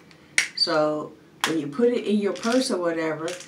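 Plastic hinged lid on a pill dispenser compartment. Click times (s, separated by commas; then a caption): 0.4 s. A hinged plastic lid on a pill dispenser compartment is closed and snaps shut with a sharp click at 0.4 s, seating firmly. Someone then talks.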